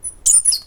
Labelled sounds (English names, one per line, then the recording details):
Stitchbird song
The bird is a male
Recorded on Tiritiri Matangi Island, New Zealand, in 2005
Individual 10, of nest box 12